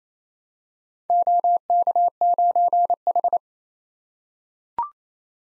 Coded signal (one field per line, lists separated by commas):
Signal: Morse code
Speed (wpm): 29 wpm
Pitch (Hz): 700 Hz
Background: none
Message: OK9H